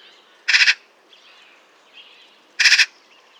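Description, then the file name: Eurasian magpie calling: two loud, grating rattles of quick repeated pulses, about two seconds apart. "Pica pica"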